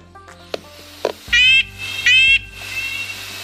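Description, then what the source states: Red-breasted Nuthatch calls: two loud nasal, tinny notes like a toy horn, after two clicks. Two nuthatches calling, one answering the other.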